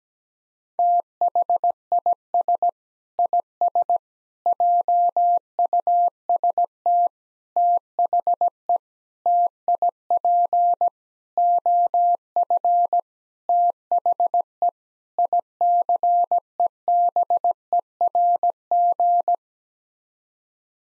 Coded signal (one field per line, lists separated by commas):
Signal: Morse code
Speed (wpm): 17 wpm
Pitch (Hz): 700 Hz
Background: none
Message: THIS IS JUST THE TIP OF THE ICEBERG